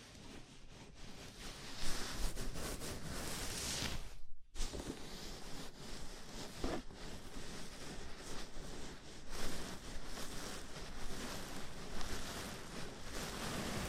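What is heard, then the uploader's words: A scalp massage makes a dense, steady rustle and scratching of fingers through hair, with a brief silence near four seconds. ASMR Sleepy Scalp Massage (No Talking).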